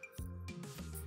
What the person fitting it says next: it clicks into place and you're good real easy to adjust